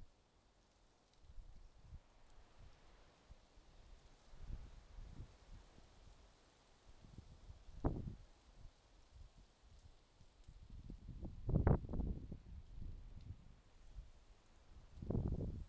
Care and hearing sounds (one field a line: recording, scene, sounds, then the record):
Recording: everyday scene through a hearing-aid microphone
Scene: wind on the microphone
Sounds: wind, traffic, birds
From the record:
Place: suburban garden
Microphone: in the ear canal, left